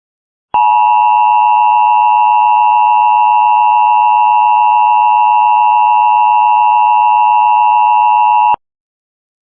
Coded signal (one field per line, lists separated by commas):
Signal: Emergency Alert System (SAME) tones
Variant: 853 and 960 Hz attention tone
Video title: Hawaii EAS